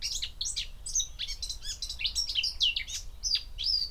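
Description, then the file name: Eurasian blackcap song, dense and rapid, with scratchy chatter interleaved with bright clear whistles throughout. "Sylvia atricapilla"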